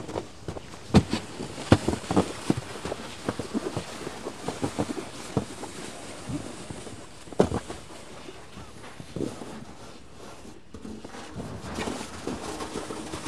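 Snow being cleared, heard as irregular thuds and scraping knocks, busiest in the first eight seconds with a loud hit near seven seconds, then a quieter stretch before resuming.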